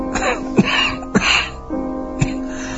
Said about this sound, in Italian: Fratello, ma tu non sei in buona salute. Hai una tosse che non mi piace per niente.